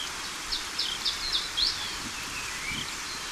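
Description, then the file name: Iberian chiffchaff song: a short run of about five high, clipped notes, evenly spaced, against a hissing background. Recorded in Portugal. "Phyibe Portugali"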